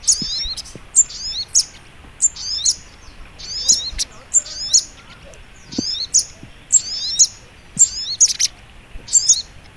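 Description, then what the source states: Little Spiderhunter song: high, sharp chirp phrases repeated nearly once per second, each ending in quick descending squeaks. Training recording (masteran).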